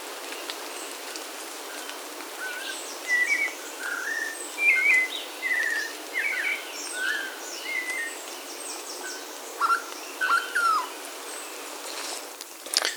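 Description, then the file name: Bird calls: a sequence of short whistled and slurred notes, loudest midway, followed by two bright hooked notes, over high faint chirping and steady hiss. "SABIOD 50 bird 2015"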